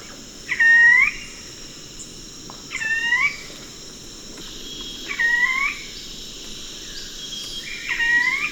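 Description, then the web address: Ruddy foliage-gleaner calls: four short, harsh rising notes with a nasal, layered tone, spaced about two and a half seconds apart, over a steady high insect drone. Recorded in Ecuador. "Birds of Ecuador 2. Ruddy Foliage-Gleaner"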